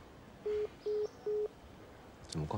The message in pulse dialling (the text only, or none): none